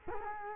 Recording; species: mosquito wingbeat signal from an infrared sensor; Culex quinquefasciatus